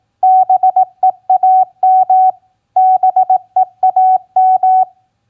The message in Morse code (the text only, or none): BEAM BEAM